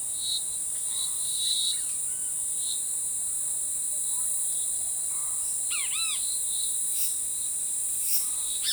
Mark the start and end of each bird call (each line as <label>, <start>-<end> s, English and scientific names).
Great Kiskadee (Pitangus sulphuratus), 5.68-6.21 s